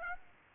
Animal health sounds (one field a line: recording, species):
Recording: mosquito wingbeat signal from an infrared sensor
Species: Aedes aegypti